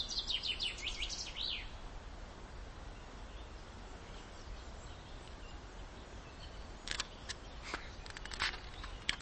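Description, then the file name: Common chaffinch song fragment: a quick run of high, descending notes in the opening second and a half, then quiet with scattered clicks and ticks. "Fringilla coelebs"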